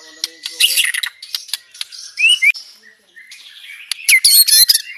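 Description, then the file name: White-rumped shama song, scattered sharp clicks, short upslurred whistles and a burst of harsh chattering notes with brief quiet gaps. Banjar white-rumped shama, rapid-fire close-spaced song style. "Suara tembakan speed rapat Murai batu banjar"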